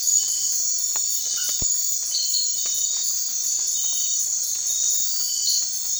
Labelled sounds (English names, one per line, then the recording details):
none
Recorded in secondary vegetation near Puerto Asís, Putumayo, Colombia, on 12 March 2025 at 02:00
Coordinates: 0.499, -76.323
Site G094